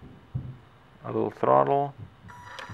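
Someone talks over the servo-driven two-speed shift of an RC truck's transmission, which failed to engage at first, as a little throttle is applied to get the shift dog into gear. A brief low thump is heard near 0.4 s, and a faint steady tone begins around 2.3 s. The clip ends before the shift dog engages; nothing has clicked in yet.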